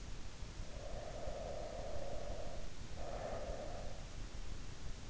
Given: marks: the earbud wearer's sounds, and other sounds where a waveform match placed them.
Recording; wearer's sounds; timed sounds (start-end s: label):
sounds in sleep by an in-ear microphone; breath
0.47-4.17 s: breath